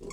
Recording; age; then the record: pig call; weaner (32 to 43 days)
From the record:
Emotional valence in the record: negative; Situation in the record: long isolation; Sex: female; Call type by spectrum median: low-frequency call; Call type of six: high-frequency modulated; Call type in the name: high-frequency modulated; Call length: 0.13 s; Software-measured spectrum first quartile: 306 Hz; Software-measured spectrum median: 815 Hz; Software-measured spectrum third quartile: 3688 Hz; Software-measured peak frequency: 394 Hz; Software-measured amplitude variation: 133 dB a second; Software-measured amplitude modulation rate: 22.3 a second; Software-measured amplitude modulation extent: 6.0 dB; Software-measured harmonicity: 4.0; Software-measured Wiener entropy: -4.28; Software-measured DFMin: 1013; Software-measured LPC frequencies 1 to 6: 395, 1081, 2201, 3370, 4461, 5530 Hz